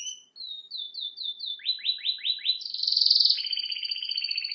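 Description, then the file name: Canary song begins with short whistled notes and quick descending chirps, then shifts into a loud, steady buzzing trill. "Canary Voice"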